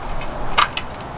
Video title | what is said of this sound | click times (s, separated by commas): Replacing trailer brakes | It goes in and it snaps in place. | 0.8 s